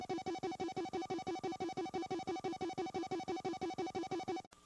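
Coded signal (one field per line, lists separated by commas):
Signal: none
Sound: music notes in a soundtrack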